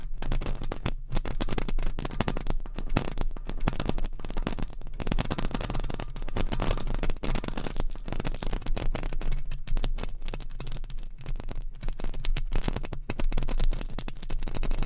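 Nails scratch and rub against a microphone cover, producing dense, continuous scraping that fills the full 15 seconds. The texture is rough and crackly, with rapid irregular strokes, brief dips around 1, 9–10 and 13 seconds, and a steady low hum underneath.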